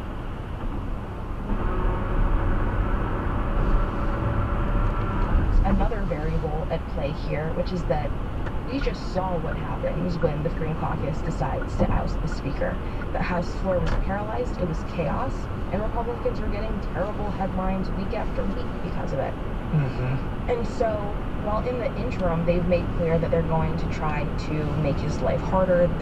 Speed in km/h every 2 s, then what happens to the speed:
82, 85, 89, 89, 95, 98, 98, 98, 97, 100, 103, 106, 108.
0-10 speeds up to 98. 10-17 steady at about 98. 17-26 speeds up to 108.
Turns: none.